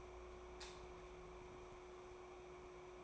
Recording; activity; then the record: daily activity, microphone in the room; light on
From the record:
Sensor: 1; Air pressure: 1010.3 hPa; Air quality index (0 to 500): 171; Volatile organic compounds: 12 ppm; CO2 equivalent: 2358 ppm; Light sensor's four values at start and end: 51/133/55/69 and 55/147/60/74